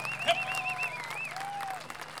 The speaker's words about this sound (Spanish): Y esta idea se atesora de manera diferente para decirle a la gente: aplauso a las bailadoras.